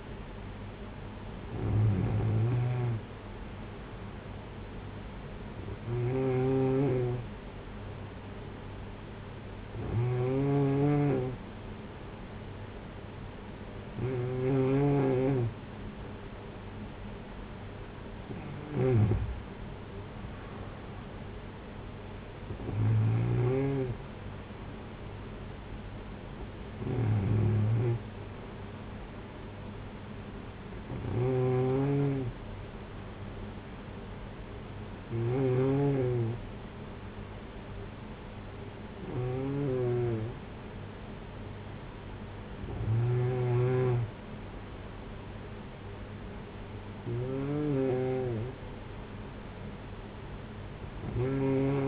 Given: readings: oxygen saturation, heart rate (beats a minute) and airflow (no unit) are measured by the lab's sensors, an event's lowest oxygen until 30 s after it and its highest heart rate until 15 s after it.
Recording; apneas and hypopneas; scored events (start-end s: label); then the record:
breathing in sleep by a voice recorder at the bedside; none
none scored
From the record:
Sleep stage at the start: N2 (light sleep); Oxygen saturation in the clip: 94 to 95%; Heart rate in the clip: 54 to 62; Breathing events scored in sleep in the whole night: 226 in 8.8 hours asleep